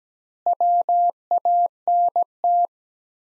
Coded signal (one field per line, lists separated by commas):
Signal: Morse code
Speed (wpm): 17 wpm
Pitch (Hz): 700 Hz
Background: none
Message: WANT